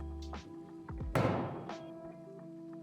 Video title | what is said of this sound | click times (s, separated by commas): Lifetime 44" Portable Poolside Basketball System - Lifetime Assembly Video | Step on the base until you hear the axle click into the slots. | 1.2 s